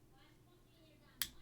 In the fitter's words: it snaps into place. I love it.